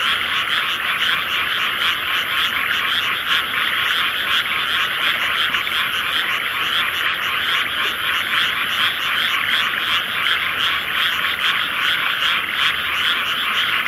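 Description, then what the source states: Frogs calling en masse, a steady, even chorus of fast pulsed notes with no pauses. Various frogs, a soundscape.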